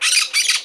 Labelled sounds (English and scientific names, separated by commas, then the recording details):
Brown-throated Parakeet (Eupsittula pertinax) contact call
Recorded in Margarita
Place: San Francisco, near stadium
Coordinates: 11.018, -64.294